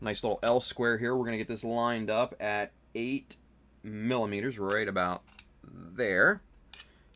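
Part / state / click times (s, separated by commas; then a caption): stop block on a hobby cutting jig / seated / 6.7 s. Someone talks while lining up a small L-square at 8 millimeters on a hobby model-kit cutting jig. The stop block then locks into place with a short, sharp click at 6.7 s, followed by fainter ticks, and the block is seated.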